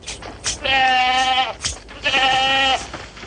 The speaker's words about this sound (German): Diese junge Ziege von unbeflecktem Weiß wurde aus der Herde ausgewählt, weil sie meckerte, als ein Vogelschwarm bei Sonnenaufgang den Himmel kreuzte.